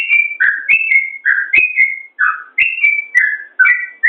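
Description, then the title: Yellow-vented bulbul song: a run of bubbly whistled notes, higher and lower phrases alternating quickly. "Suara Trucukan"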